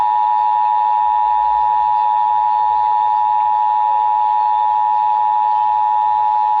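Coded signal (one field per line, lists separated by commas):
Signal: Emergency Alert System (SAME) tones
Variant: 853 and 960 Hz attention tone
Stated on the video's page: IPAWS weekly test relayed through a Sage EAS Endec and a TFT EAS 911 unit, which now auto-forwards automatically.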